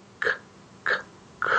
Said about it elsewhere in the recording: You can also use this with a preparatory set. You say that difficult word on purpose, and you preempt the stutter. Or use a little bounce.